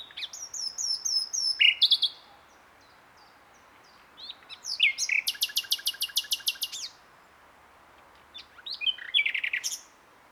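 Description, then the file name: Common nightingale song: a whistled series of falling notes, then a long, rapid rattling trill of identical notes, and a final short burst. "Luscinia megarhynchos"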